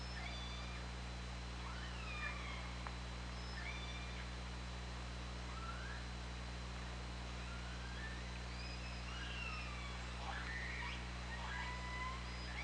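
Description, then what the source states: Orca calls: many varied harmonic squeals, some rising and some falling, spread across the stretch, over continuous low underwater hum. On an OrcaLab hydrophone, 24 August 2017, at 20:29:41.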